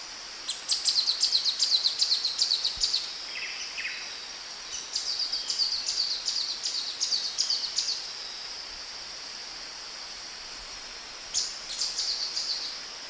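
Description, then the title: Streak-capped antwren calling: rapid series of thin, high chipping notes in three bursts over faint steady background hiss. "LuckyPassaro Completos2Sama. Streak-capped Antwren (Terenura maculata)"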